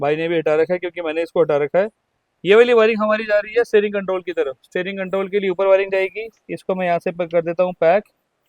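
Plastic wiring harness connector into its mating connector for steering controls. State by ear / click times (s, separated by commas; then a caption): not seated / none. A plastic wiring harness connector for the steering controls on a Brezza LXi CNG is handled under the dash, about to be pushed into its mating connector so that it clicks and locks. Someone talks throughout the clip, and the connector has not yet seated or clicked.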